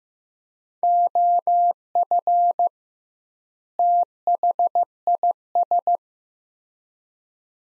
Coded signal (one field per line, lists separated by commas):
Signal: Morse code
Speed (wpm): 15 wpm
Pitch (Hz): 700 Hz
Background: none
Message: OF THIS